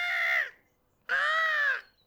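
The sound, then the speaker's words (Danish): A seagull high up in the air gives two loud, harsh calls, the second one longer and slightly drawn out, with a brief silent pause between them and no voices. “men så får han øje på en måge højt oppe i luften.”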